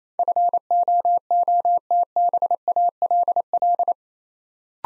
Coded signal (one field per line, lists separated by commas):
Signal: Morse code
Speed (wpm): 27 wpm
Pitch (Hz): 700 Hz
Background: none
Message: FOOTBALL